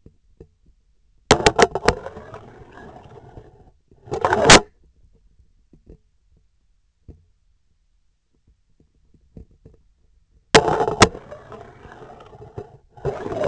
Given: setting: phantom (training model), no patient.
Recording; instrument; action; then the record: laparoscopic instrument, vibration sensor on the handle end; scissors; insertion and removal through the trocar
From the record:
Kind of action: spatial motion